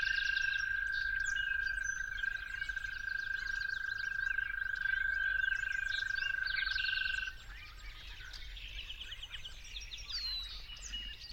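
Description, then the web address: Toad trilling steadily for about seven seconds before stopping, leaving a chorus of chirping and twittering birds. Toads calling at dawn. "musicofnature Toads at Dawn"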